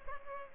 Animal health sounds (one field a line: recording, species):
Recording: mosquito wingbeat signal from an infrared sensor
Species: Culex pipiens